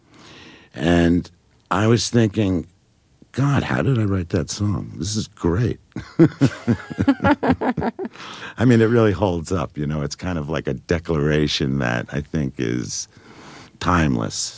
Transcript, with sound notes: and I was thinking, God, how did I write that song? This is great.
(LAUGHTER)
I mean, it really holds up. You know, it's kind of like a declaration that, I think, is timeless.